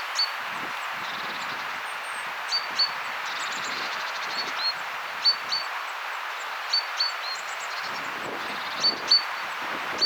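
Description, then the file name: Great tit giving thin, high, clipped notes in pairs and singles, scattered irregularly, over steady hiss and light low rumble. "Parus major"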